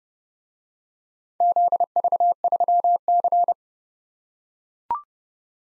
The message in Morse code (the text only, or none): ZV3C